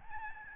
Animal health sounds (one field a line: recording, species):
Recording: mosquito wingbeat signal from an infrared sensor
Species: Aedes albopictus